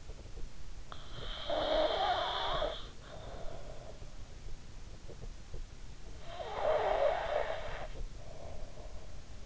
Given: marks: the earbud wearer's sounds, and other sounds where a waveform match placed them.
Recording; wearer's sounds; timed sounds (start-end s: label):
sounds in sleep by an in-ear microphone; snoring breath
1.24-4.14 s: snoring breath
6.37-9.46 s: snoring breath